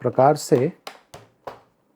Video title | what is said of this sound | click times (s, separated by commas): Dream Bot F9 Pro Review: Vacuum & Mop with Precision! | Press करना है, click sound आपको सुनाई देगा, मतलब कि ये सही तरीके से अटैच हो गया है। | 1.1 s, 1.5 s